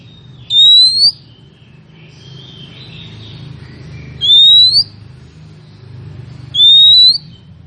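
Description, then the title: Oriental magpie-robin repeating a single long, clear rising whistle three times at uneven intervals over steady low background hum. Female calling male, used as a lure to prompt male to sing and fight. "Kacer BETINA Memanggil Kacer JANTAN agar GACOR"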